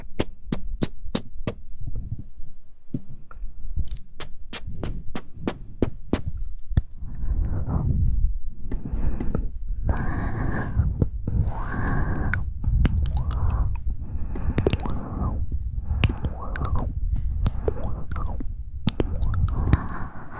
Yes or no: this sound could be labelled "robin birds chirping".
no